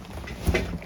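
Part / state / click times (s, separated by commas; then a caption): dinette table/bed support in RV dinette / not seated / none. The dinette table/bed support in the dinette of a 2013 Rockwood 2902SS is slid up while its feet are held down, converting the dinette back from a bed. Low handling rustle is punctuated by a faint knock near 0.3 s and a louder thump near 0.5–0.6 s. Nothing has seated or clicked into place yet.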